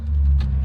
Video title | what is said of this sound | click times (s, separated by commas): 7.3 Powerstroke Swap Episode 7: Making it run | and give it a push and then when you hear it click it's going to lock in so now | 0.4 s